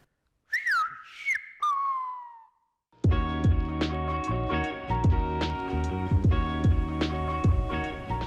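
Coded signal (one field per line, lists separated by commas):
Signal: whistled language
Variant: Silbo Gomero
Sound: a brief piercing whistle gliding up and down, followed by rhythmic music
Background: music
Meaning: The whistler's name, Francisco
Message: फ्रांसिस्को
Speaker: जैसे की मेरा नाम फ्रांसिस्को मैं या तो मुंह से फ्रांसिस को बोलूंगा या सिटी में कहूंगा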